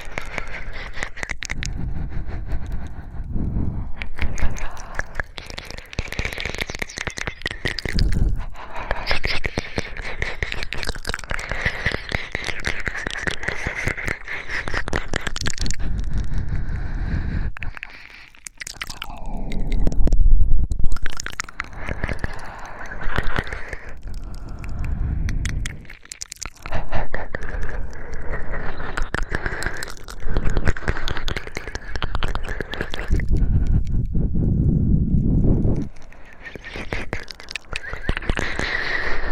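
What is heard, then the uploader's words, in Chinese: Close mouth sounds and ear-licking noises with heavy, rough breathing, dense wet clicks throughout, a louder burst of breath around twenty seconds. 口腔音吸耳 喘粗气声。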